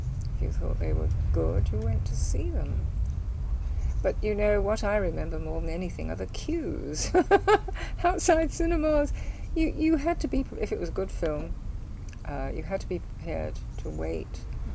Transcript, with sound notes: if you thought they were good, you went to see them. But, you know, what I remember more than anything are the queues! [laughs] Outside cinemas! You had to be, if it was a good film eh, you had to be prepared to wait,